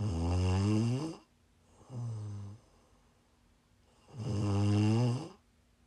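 Low-pitched, harmonic snoring from a sleeping adult woman, heard as ASMR: three snores in about six seconds, two long, loud ones with a quieter, shorter one between them, separated by near-silent pauses.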